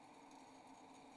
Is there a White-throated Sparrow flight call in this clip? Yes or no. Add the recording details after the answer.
no. No flight call is heard. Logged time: 01:32 on 28 November 2014